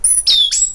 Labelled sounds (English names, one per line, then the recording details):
Stitchbird song
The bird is a male
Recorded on Tiritiri Matangi Island, New Zealand, in 2005
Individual 12, of nest box 16